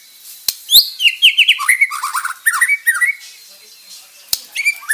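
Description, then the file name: White-rumped shama song: sharp clicks followed by a quick run of varied whistled and warbled notes that slide downward, then a pause and a few more bright phrases. Murai Bordan type. "Suara Murai Bordan"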